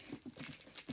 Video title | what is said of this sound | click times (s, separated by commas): Colostomy Care Video Submission- Allison Hartley BSN 206-03 | listen for those clicks. | 0.8 s, 0.9 s